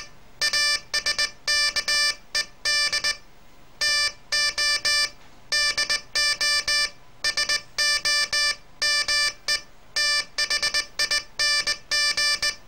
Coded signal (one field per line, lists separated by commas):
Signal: Morse code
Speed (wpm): 19 wpm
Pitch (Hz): 1750 Hz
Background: music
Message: ASKED TO DO SOMETHING